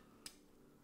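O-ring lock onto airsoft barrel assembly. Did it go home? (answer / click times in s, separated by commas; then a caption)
yes / 0.3 s. A small o-ring lock is fitted onto an airsoft hop-up/barrel assembly. A single short, sharp click sounds at 0.3 s against a quiet background, and the lock is seated and installed.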